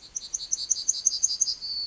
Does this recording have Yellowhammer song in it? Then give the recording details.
yes. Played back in forest. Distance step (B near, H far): D. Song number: 134